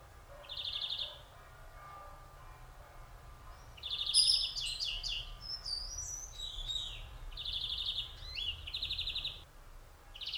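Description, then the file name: European greenfinch: finch-like bird in a varied run of short trills, twitters and whistled notes, with brief rattles between, over steady low background noise. "Chloris chloris"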